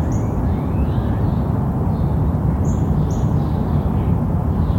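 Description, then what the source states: Birds give a few thin, high chirps, two close together near the end, over steady low traffic roar. Urban birds chirping with distant traffic.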